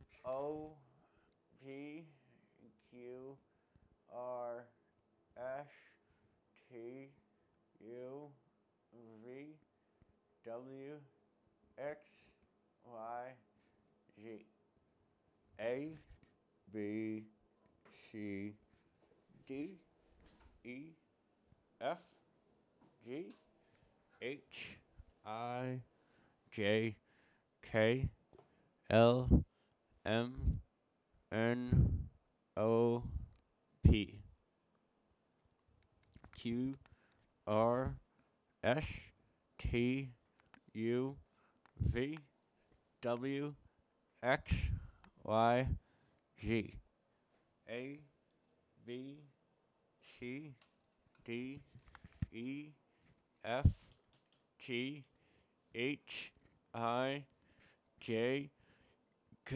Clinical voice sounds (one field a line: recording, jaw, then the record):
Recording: letters of the alphabet, spoken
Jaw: constrained by a bite bar between the teeth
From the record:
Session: first day, right after the free take